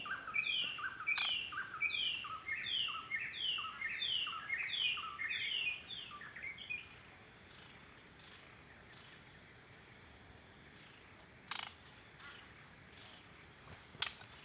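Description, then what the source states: White-browed robin-chat song: rich whistled phrases repeated in quick succession for about six seconds, then quiet with two sharp clicks. Okavango Panhandle, 14 August 2015, 6:36 AM; ever-changing song that seems to come from everywhere at once; microphone set outside tent; Sound Devices 702 recorder with Sennheiser 418 stereo mic.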